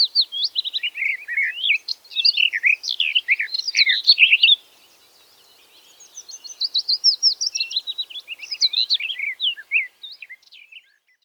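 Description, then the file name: Garden warbler song, a rapid, rich warble of mellow notes, in two long bursts separated by a short pause. "tuinfluiter zang"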